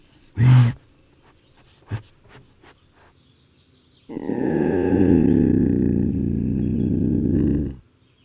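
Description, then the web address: Bobcat growls: a sharp short burst, a faint click, then a long, low, rasping growl lasting several seconds before stopping abruptly. "Wildlife Sounds. Bobcat"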